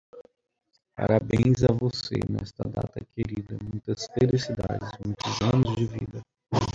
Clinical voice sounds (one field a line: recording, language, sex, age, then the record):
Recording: short text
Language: Brazilian Portuguese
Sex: male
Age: 30 to 39 years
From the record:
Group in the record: control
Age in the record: 39 years